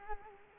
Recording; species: mosquito wingbeat signal from an infrared sensor; Culex quinquefasciatus